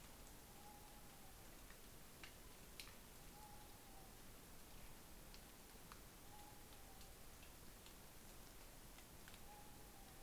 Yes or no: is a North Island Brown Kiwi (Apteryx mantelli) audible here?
no